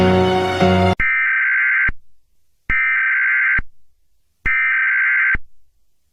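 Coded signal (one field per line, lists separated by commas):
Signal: Emergency Alert System (SAME) tones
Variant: header bursts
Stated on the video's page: Fictional Puss In Boots-themed EAS scenario, not a real alert.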